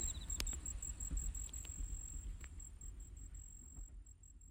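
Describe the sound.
Cricket trill in quick high pulses that fades toward the end, with several sharp clicks and a heavy low rumble in the background.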